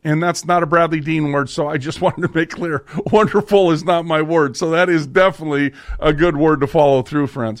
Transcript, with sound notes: And that's not a Bradley Dean word, so I just wanted to make clear. (laughs) Wonderful is not my word, so that is definitely a good word to follow through, friends.